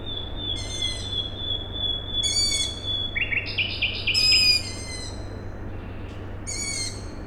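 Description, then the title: Owl chick gives four piercing cries, with a long thin whistle and a short burst of rapid bird notes between them, over a low industrial rumble. Owl chicks calling at night on 21 May 2019 in Siemianowice Śląskie, Poland; industrial plant in background; recorded with Zoom H5 and Audio-Technica BP4025. "Siemianowice Śląskie, Polska - Owl chicks"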